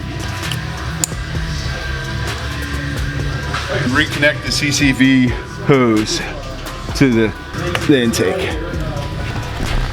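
Someone talks over background music while the plastic quick-connect fitting of the crankcase ventilation (CCV) hose is handled at the new S&B cold air intake tube on a 2019 Ram, with a couple of brief sharp sounds near 0.5 and 1.0 seconds. The hose is about to be pushed onto the intake, but nothing has seated or clicked yet.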